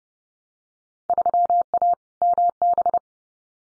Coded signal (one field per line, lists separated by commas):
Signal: Morse code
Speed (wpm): 30 wpm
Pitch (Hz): 700 Hz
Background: none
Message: 3A MB